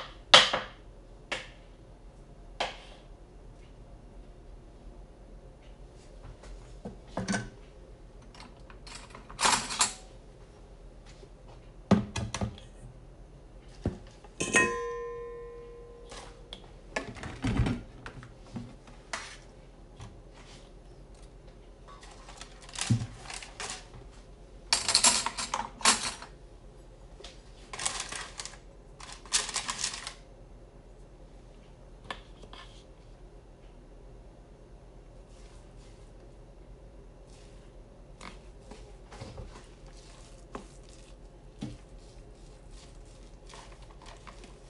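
Banana bread being made: sporadic clicks, knocks and clatters of utensils, with a brief rising whistle-like tone near fifteen seconds over a low steady hum.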